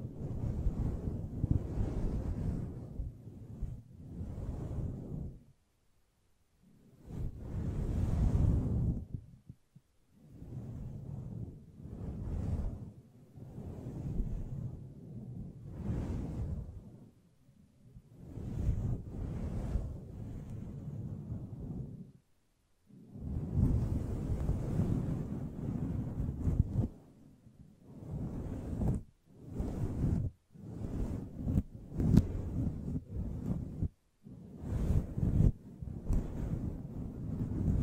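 Brushing and scratching against a microphone makes irregular bursts of rough, rumbling noise, heaviest in the lows, each lasting a second or a few. The bursts come in uneven clusters, broken by brief silent gaps near 6 and 22 seconds, with occasional sharper scratchy flicks on top.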